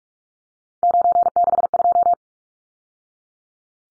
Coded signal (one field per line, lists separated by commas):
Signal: Morse code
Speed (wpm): 44 wpm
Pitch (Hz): 700 Hz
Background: none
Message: 962